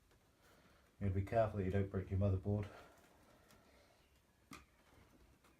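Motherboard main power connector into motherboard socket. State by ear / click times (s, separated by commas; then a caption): not seated / none. The 24-pin main power connector from a Corsair CX750M power supply is pushed by hand into the motherboard socket, with its clip on the right side. Someone talks from about 1.0 to 2.7 s, followed by faint handling noise and brief sharp ticks at 3.5 s and 4.5 s. The connector has not seated or clicked yet.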